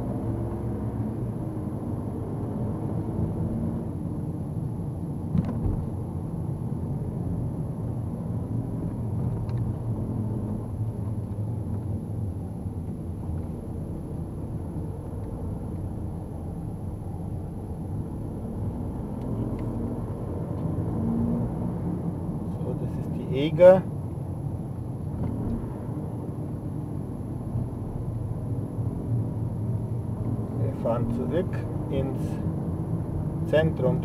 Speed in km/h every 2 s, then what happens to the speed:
30, 33, 32, 27, 25, 22, 20, 21, 22, 30, 35, 31, 31, 27, 25, 31, 33.
4-12 slows to 20. 16-19 speeds up to 35. 27-34 speeds up to 33.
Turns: 10-19.